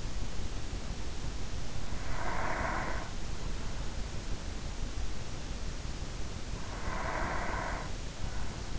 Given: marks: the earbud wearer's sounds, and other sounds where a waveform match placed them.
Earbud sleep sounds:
sounds in sleep by an in-ear microphone; breath
1.93-3.43 s: breath
6.78-8.79 s: breath

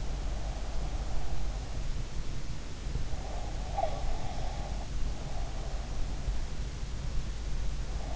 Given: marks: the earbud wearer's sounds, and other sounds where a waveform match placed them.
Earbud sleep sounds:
sounds in sleep by an in-ear microphone; breath
3.40-4.85 s: breath

